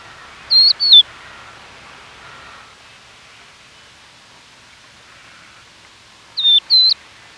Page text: Crested Lark Call. Quick Sounds